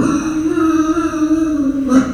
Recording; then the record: squeal of a Yucatan mini pig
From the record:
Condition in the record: after surgery on the right vocal fold (resection and tissue-engineered implant); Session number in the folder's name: 6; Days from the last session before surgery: 40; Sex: female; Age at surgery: 19 weeks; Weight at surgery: 25 kg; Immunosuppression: prednisolone